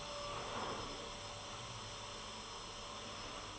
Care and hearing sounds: daily activity, microphone in the room; vacuum cleaning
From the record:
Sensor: 4

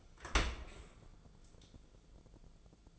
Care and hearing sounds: daily activity, microphone in the room; open dishwasher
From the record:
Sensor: 5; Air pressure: 1000.6 hPa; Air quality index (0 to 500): 153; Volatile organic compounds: 2 ppm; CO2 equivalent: 1176 ppm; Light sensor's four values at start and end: 44/101/43/47 and 44/101/43/47

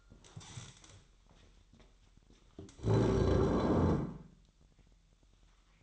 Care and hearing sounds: daily activity, microphone in the room; stand up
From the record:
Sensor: 3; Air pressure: 1001.9 hPa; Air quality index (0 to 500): 246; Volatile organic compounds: 122 ppm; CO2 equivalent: 3884 ppm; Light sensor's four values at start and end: 8/19/8/8 and 9/21/9/9

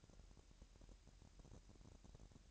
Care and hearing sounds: daily activity, microphone in the room; take from stove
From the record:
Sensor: 2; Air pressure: 1011.9 hPa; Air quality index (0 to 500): 192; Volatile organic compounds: 3 ppm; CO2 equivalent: 1366 ppm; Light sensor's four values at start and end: 71/168/69/66 and 71/168/69/66

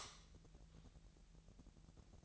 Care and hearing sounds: daily activity, microphone in the room; light off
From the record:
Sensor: 3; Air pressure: 1001.9 hPa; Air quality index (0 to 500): 244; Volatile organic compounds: 46 ppm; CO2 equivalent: 3238 ppm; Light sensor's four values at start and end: 12/31/14/13 and 6/13/5/6

